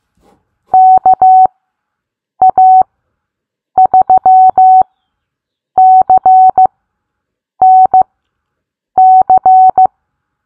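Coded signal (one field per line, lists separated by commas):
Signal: Morse code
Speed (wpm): 15 wpm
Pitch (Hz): 750 Hz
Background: none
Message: KA3CNC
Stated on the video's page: Morse code callsign bingo game; callsigns sent at set speeds for copying practice.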